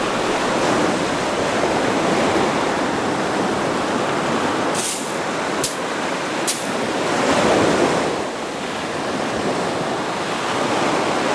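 Waves wash steadily over the shore in a dense, continuous rush, with a few brief bright hissing bursts around the middle.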